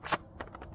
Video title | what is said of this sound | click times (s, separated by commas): Ep 217: Wild Camping on my Indian Chief! and new Teepee tent! | that locks into place | 0.4 s